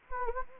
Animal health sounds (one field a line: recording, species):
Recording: mosquito wingbeat signal from an infrared sensor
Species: Anopheles gambiae